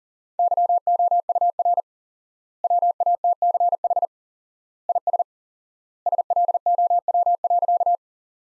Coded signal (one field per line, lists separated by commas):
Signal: Morse code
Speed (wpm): 40 wpm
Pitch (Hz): 700 Hz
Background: none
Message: YOUR WATCH IS SLOW.